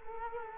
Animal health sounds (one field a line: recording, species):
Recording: mosquito wingbeat signal from an infrared sensor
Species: Culex quinquefasciatus